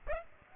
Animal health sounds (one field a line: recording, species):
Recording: mosquito wingbeat signal from an infrared sensor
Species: Aedes aegypti